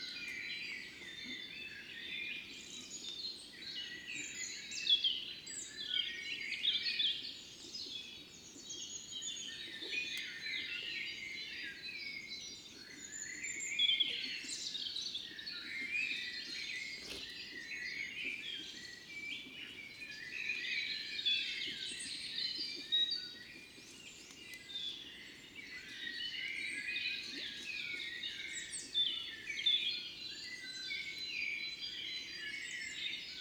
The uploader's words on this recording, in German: Der Morgen vor dem Fuchsbau. Anders als in der Lehmgrube wachen hier die Vögel zu unterschiedlichen Zeiten auf. Auch dies ist eine Kunstkopfaufnahme, die mit Kopfhörern deutlich eindrucksvoller klingt.